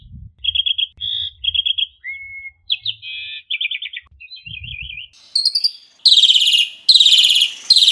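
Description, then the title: Asian pied starling song, a varied run of clear whistles, trills and warbled notes, ending in loud harsh buzzy bursts. "Jalak Suren"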